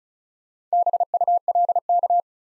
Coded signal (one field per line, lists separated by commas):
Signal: Morse code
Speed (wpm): 36 wpm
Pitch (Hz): 700 Hz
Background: none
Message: BULK